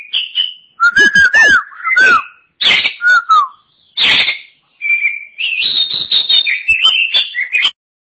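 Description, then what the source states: Oriental magpie-robin song of clear whistles, some slurring down, mixed with harsh notes in broken phrases. Chirping song (kicauan) of the bird.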